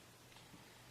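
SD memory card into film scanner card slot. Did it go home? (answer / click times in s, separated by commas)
no / none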